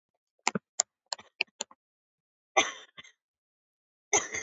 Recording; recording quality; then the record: shallow voluntary cough; excellent, no background noise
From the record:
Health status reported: COVID-19 positive, mild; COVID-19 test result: positive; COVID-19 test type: RT-PCR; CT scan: taken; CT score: 4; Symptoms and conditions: muscle pain, diabetes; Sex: female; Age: 59 years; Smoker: no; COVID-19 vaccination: both doses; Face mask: worn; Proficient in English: yes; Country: India